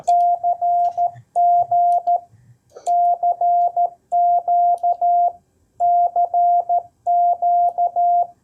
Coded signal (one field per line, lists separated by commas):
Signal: Morse code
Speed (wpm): 13 wpm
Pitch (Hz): 700 Hz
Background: none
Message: CG CQ CQ